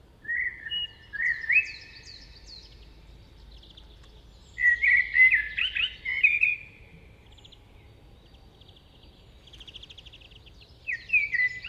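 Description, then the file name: Common blackbird singing mellow whistled phrases followed by scratchy high-pitched flourishes, with long pauses between the bursts. "Turdus merula"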